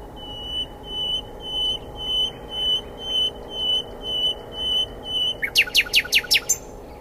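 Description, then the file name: Common nightingale sings a series of pure whistled notes at an even pace, each swelling, then breaks into a fast series of sharp notes. "Luscinia megarhynchos"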